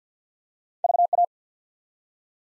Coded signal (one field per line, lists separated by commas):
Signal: Morse code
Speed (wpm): 50 wpm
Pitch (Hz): 700 Hz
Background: none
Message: VA